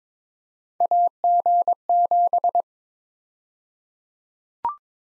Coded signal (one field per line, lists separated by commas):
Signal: Morse code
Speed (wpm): 22 wpm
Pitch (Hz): 700 Hz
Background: none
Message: AG7